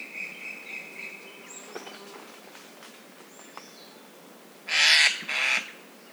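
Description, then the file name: Eurasian jay giving two harsh, rasping screeches in quick succession near the end, after quieter thin whistles and faint clicks. "Garrulus glandarius"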